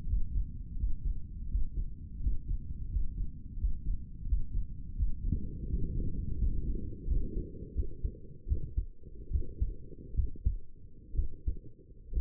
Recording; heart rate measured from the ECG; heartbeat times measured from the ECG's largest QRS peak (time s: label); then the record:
heart sounds by stethoscope; 80 bpm
0.06 s: heartbeat
0.76 s: heartbeat
1.48 s: heartbeat
2.20 s: heartbeat
2.89 s: heartbeat
3.57 s: heartbeat
4.25 s: heartbeat
4.95 s: heartbeat
5.66 s: heartbeat
6.38 s: heartbeat
7.07 s: heartbeat
7.74 s: heartbeat
8.47 s: heartbeat
9.30 s: heartbeat
10.14 s: heartbeat
11.15 s: heartbeat
12.13 s: heartbeat
From the record:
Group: healthy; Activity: breath hold 0-9 s, rest 9-12 s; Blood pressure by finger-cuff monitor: 112/88 mmHg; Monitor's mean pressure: 93 mmHg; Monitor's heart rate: 84 bpm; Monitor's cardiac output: 5.9 L/min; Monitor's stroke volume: 68 mL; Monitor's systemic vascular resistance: 1160 dyn s/cm5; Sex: male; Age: 21 years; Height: 170 cm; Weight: 71 kg